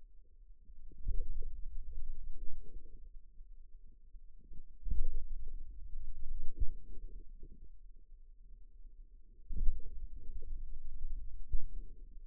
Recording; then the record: forearm muscle sounds (acoustic myography)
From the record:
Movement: finger pinch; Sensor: system 2, bracelet of six BSWA MPA416 microphones around the upper forearm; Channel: 5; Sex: male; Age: 22 years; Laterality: right